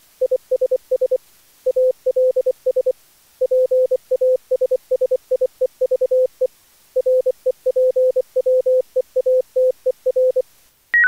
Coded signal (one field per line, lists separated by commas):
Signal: Morse code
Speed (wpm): 24 wpm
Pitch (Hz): 510 Hz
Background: none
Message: ISS ALS PASSIEVE REPWEATER